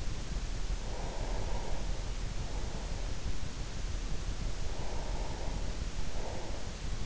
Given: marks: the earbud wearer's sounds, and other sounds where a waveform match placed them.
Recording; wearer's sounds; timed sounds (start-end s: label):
sounds in sleep by an in-ear microphone; breath
0.96-3.56 s: breath
4.66-7.06 s: breath